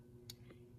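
A hearing aid is pressed into the bottom spot of a changer tool, which pushes a new plastic wax filter into the receiver. A sharp, bright click sounds at 0.3 s, followed by a softer, duller tap at about 0.5 s, over a low steady hum. The new wax filter seats in the hearing aid.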